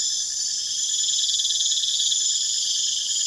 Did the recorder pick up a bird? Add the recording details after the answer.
no. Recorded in pastures near Puerto Asís, Putumayo, Colombia, on 29 June 2025 at 22:00. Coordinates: 0.502, -76.324. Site G010